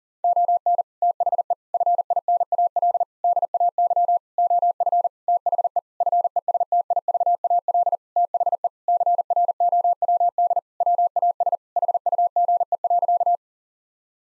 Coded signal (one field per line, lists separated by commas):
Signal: Morse code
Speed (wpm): 40 wpm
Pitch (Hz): 700 Hz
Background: none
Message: ON THE FINAL DAY OF THE FESTIVAL THE CROWD WAS HUGE.